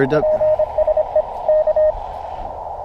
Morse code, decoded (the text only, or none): PSE K